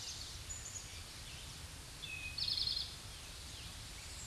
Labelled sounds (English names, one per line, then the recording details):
Eastern Towhee song
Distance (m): 35 m
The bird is about 5 m above the microphone
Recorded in a Pennsylvania forest on 16 May 2024 at 07:13
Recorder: AudioMoth, point MSD-2131
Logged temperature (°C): 14.8 °C
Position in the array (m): 77 m, 29 m